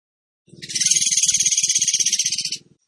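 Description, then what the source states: Bird song: one fast, buzzy, high-pitched trill of rapid repeated notes lasting about two seconds, with low rumbling pulses underneath. Training recording (masteran) of a bird singing in the tembakan gacor style.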